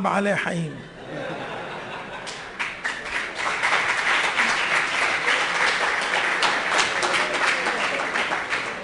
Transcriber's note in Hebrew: מחיאות כפים